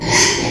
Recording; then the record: squeal of a Yucatan mini pig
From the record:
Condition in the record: before surgery on the right vocal fold (resection and tissue-engineered implant); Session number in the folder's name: 1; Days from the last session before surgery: -3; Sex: male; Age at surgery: 12 weeks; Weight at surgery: 13 kg